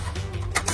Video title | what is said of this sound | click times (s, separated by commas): Camp4 Table Mendoza - Présentation et installation | cette partie strictement qui se clipse et | 0.6 s, 0.7 s